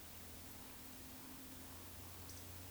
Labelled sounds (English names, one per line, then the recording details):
Eurasian Woodcock whistle
Eurasian Woodcock croak
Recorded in Baden-Württemberg, Germany, on 31 May 2021 at 20:06 UTC
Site 24606, 635 m above sea level